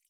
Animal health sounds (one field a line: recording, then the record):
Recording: hydrophone in a shrimp aquaculture tank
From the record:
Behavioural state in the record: feeding